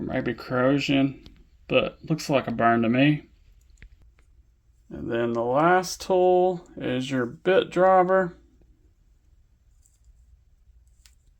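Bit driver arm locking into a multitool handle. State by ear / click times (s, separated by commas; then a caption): not seated / none. Someone talks while handling a metal multitool, moving toward opening its bit driver arm so that the liner lock will lock it into the handle. Faint handling ticks follow the talking. The bit driver arm has not locked into the handle yet, and no click has sounded.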